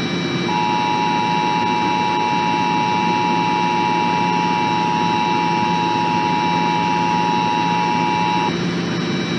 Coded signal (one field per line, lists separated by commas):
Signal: Emergency Alert System (SAME) tones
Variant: 853 and 960 Hz attention tone